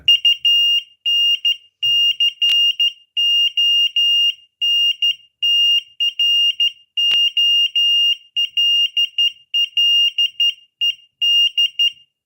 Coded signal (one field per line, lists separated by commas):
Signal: Morse code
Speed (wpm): 12 wpm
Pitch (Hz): 2800 Hz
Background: none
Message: UNCONTROLLED